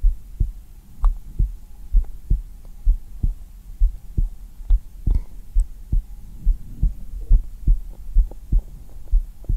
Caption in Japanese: 落ち着く生肌心音。 Heart sounds/Heartbeats。